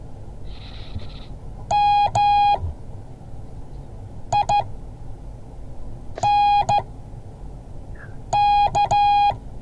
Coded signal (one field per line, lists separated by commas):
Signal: Morse code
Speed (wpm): 14 wpm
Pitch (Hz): 820 Hz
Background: none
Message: MINK